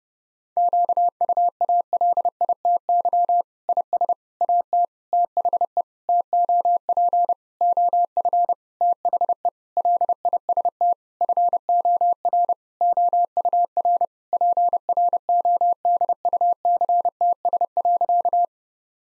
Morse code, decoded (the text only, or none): QUALITY IS AT THE TOP OF THE LIST FOR OUR PRODUCTS.